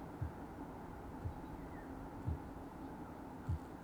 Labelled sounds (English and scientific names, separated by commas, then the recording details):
Kākāpō (Strigops habroptilus) boom
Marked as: faintness 5/5, faintness 4/5
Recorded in New Zealand
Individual Sirocco